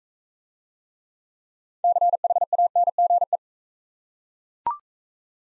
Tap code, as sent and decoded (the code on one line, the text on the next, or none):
none